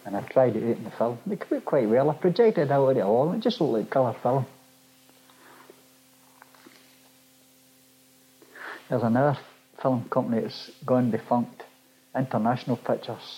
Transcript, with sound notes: And I tried it out on the film. They came out quite well. I projected that on the wall and it just looked like colour film. [pause] There's another film company that's gone defunct, 'International Pictures'.